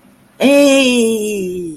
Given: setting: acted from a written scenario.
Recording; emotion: vocal sound without words; triumph